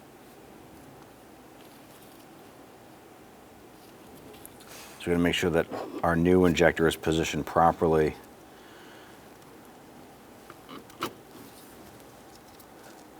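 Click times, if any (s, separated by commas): none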